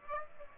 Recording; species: mosquito wingbeat signal from an infrared sensor; Aedes aegypti